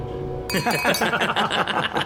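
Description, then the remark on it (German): Glasses clink together in a toast with a bright, ringing chime after a low background hum, then several voices break into lively chatter and laughter, as men celebrate in a hotel restaurant. “Also, Prost, meine Herren.”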